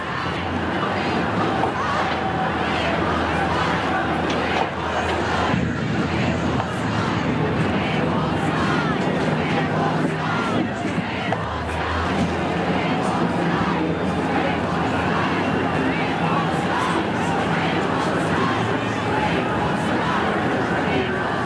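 Recorded at an ongoing protest in Belarus, a dense, steady babble of many voices fills the scene, with low traffic rumble underneath throughout.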